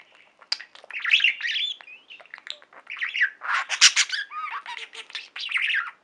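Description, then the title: Budgerigar chatter of harsh squawks, clicks and warbled chirps running almost without pause, with a louder scratchy burst in the middle. "Budgie Sounds"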